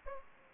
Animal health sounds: mosquito wingbeat signal from an infrared sensor; Aedes aegypti

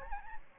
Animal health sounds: mosquito wingbeat signal from an infrared sensor; Aedes albopictus

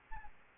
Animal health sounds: mosquito wingbeat signal from an infrared sensor; Aedes albopictus

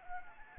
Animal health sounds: mosquito wingbeat signal from an infrared sensor; Anopheles arabiensis

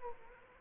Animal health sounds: mosquito wingbeat signal from an infrared sensor; Aedes aegypti

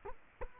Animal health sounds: mosquito wingbeat signal from an infrared sensor; Culex quinquefasciatus

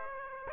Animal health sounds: mosquito wingbeat signal from an infrared sensor; Aedes aegypti

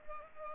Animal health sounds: mosquito wingbeat signal from an infrared sensor; Culex pipiens

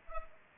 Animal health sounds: mosquito wingbeat signal from an infrared sensor; Culex pipiens

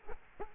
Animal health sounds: mosquito wingbeat signal from an infrared sensor; Culex quinquefasciatus

